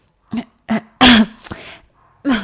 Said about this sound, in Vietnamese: ho khan một tiếng.